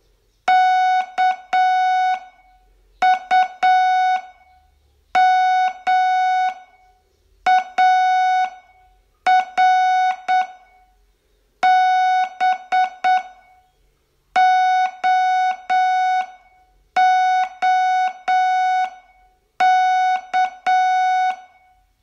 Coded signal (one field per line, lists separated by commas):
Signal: Morse code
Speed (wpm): 7 wpm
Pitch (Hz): 740 Hz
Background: music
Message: KUMAR BOOK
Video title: Learn Morse in 42 Days from VU2LAU - day20 Test